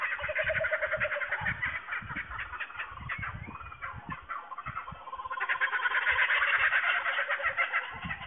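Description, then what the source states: Kookaburra laughing calls, rollicking harsh repeated notes in bursts, fading midway, then swelling again into a loud overlapping chorus. Several kookaburras recorded in Australia on 19 March 2009.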